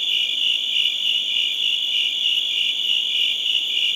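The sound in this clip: Crickets chirping in a steady high-pitched trill, pulses running together into a continuous shimmering sound.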